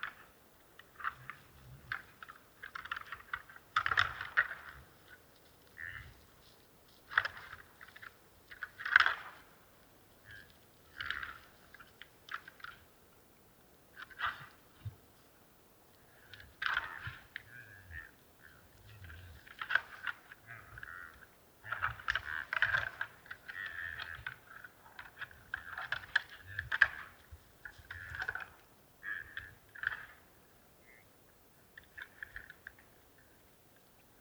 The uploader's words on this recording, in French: Plateau de St Dizier en diois - Drôme - Mixpr3 - mkh40. Le podcast d'aujourd'hui est le résultat d'un long piège à son déposé le 09 janvier au soir vers 17h00 et récupéré le matin du 10 vers 11h00. Ce combat éloigné de deux cerf élaphe combattant pour la possession d'un territoire.